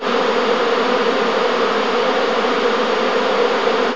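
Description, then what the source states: Bees buzzing in a steady, unbroken low drone that holds the same pitch throughout, with no other sounds. More than one bee.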